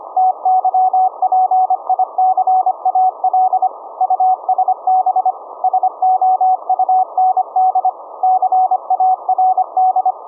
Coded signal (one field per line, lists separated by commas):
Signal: Morse code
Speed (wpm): 25 wpm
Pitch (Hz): 750 Hz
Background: none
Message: TYPICAL USB SOUND CARD